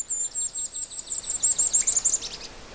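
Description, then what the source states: Golden-crowned Kinglet song, a series of very high, thin, rapid notes ending in a brief tumbling chatter. Song described as very high dee dee dee notes with a little chickadee-like ending; in coniferous woods of white spruce, balsam and jack pine with a mossy understory.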